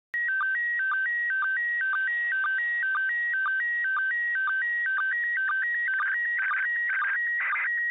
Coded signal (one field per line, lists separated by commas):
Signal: SSTV (slow-scan television)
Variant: PD 120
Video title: ISS SSTV